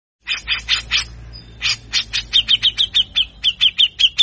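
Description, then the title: Grey-cheeked bulbul calling a few harsh notes, a short pause, then a longer, louder run of many evenly spaced notes. Bird in active, loud song with full harsh phrases; long recording used for tutoring caged birds. "MASTERAN CUCAK JENGGOT GACOR FULL BESETAN KASAR DURASI PANJANG !!!. Cucak Jenggot Gacor Ampuh Rangsang Bunyi Bagus Untuk Masteran"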